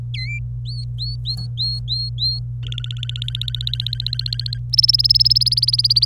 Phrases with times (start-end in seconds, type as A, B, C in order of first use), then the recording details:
0.14-0.39 A, 0.66-2.40 B, 2.63-4.58 C, 4.73-6.05 D. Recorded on 26 April 2018 at 10:02. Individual llb3